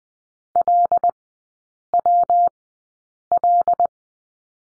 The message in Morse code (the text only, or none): LWL